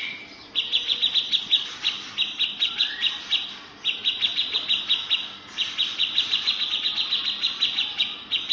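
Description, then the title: Grey-cheeked bulbul giving rapid trains of sharp, high chips in runs of about one to three seconds, pausing briefly between each run. "Cucak Jenggot"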